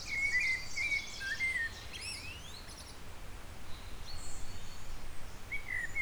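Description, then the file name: Eurasian blackbird song opens with a rich fluty warble that rises into a high scratchy twitter, then pauses before another phrase starts. A soft low hum runs throughout. "Turdus merula"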